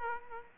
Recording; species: mosquito wingbeat signal from an infrared sensor; Aedes aegypti